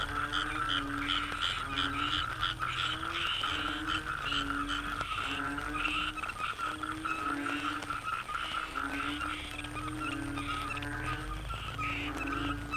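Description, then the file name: Frog chorus with low, nasal moaning croaks recurring roughly each second, layered over a constant high buzzing trill and scattered clicks. Frogs in the Cherating wetlands, Malaysia. "yamaha frogs cherating wetlands"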